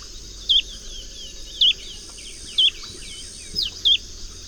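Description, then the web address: Olive-chested flycatcher with sharp, wavering high notes roughly once a second; softer bird notes and a dense insect chorus fill the background. Recorded in Ecuador. "S America Birds of Ecuador. Olive-Chested Flycatcher"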